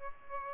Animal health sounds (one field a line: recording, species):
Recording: mosquito wingbeat signal from an infrared sensor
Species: Aedes albopictus